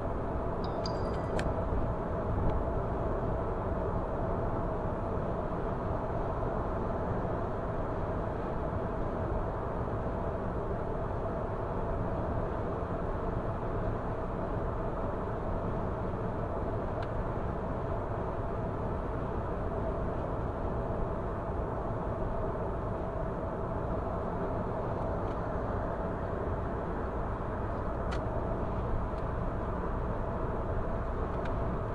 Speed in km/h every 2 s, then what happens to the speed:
104, 105, 105, 106, 105, 105, 106, 106, 106, 105, 103, 103, 101, 103, 106, 108.
0-25 steady at about 105. 25-32 speeds up to 108.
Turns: none.